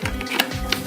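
A 20 V DeWalt battery pack is handled at the cordless drill's battery interface while music plays in the background. Three sharp, short ticks land at about 0.1, 0.4 and 0.7 seconds. The clip ends before the pack goes home, and nothing has seated or clicked into place yet.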